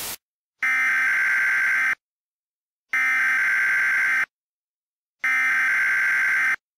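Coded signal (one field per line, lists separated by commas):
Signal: Emergency Alert System (SAME) tones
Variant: header bursts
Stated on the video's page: Mock EAS alert, simulated, using Creative Commons 0 sounds.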